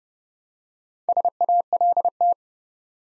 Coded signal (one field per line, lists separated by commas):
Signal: Morse code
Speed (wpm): 30 wpm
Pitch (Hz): 700 Hz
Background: none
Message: SALT